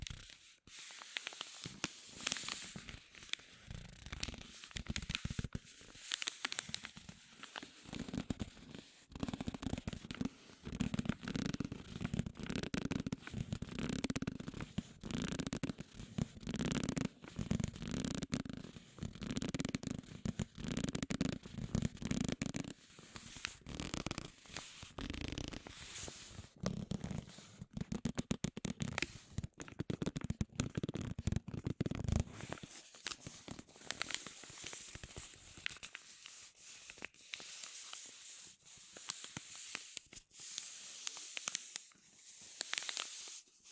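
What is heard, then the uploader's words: Rubbing and crinkling go on almost without pause, a dense run of dry scratchy rustles in quick, uneven bursts. From about 2 to 32 seconds a low rumbling rub sits beneath the crackle; after that the crinkles thin and sound lighter and brighter. Rubbing and Crinkles (NO TALKING).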